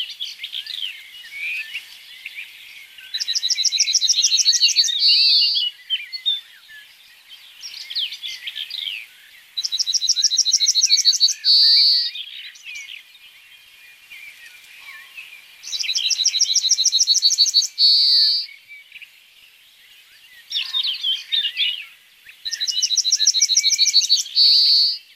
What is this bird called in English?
Yellowhammer